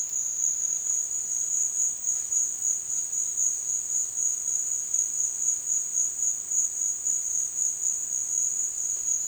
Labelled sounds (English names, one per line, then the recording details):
none
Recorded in dense forest near Puerto Asís, Putumayo, Colombia, on 25 June 2025 at 12:30
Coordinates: 0.468, -76.322
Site GP03